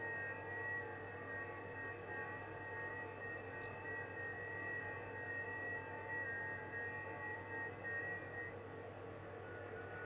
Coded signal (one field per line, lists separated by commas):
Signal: FT8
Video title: FT8 during a solar storm